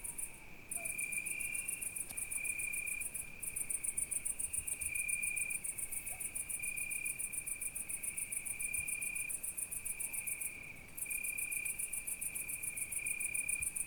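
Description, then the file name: Cricket song: a continuous high-pitched trill beside a rapid pulsed buzz, briefly dropping out near the start and around ten seconds. Night crickets, recorded at Izgrev. "Noshti shturci i koteto Petrova (s Izgrev)"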